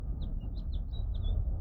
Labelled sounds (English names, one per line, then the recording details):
House Finch song
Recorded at Lawrence on Long Island, New York, on 4 June 1975
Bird D